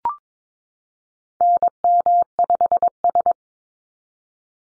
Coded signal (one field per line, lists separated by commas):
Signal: Morse code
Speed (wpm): 22 wpm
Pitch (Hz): 700 Hz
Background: none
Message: NM5S